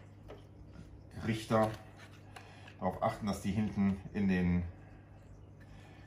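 A plastic protective guard and flow director is handled and pushed onto the body of an RSW 45 aquarium circulation pump so that it hooks in at the back, with a few faint handling taps as someone talks. The clip ends before the guard goes home, so nothing has seated or clicked yet.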